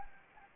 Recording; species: mosquito wingbeat signal from an infrared sensor; Anopheles gambiae